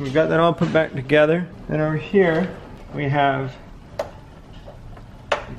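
Someone talks, then the metal spring clips on a Mitsubishi car's engine air filter housing are pushed back over the plastic lid of the air box to lock it shut. Two sharp ticks are heard at 4.0 s and 5.3 s as the clips snap closed and the lid is seated.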